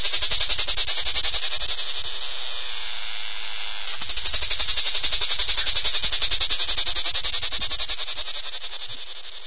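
Lyristes plebejus cicada singing a continuous, harsh, pulsing drone, the rhythmic throb even and strong throughout, easing slightly in loudness near the end.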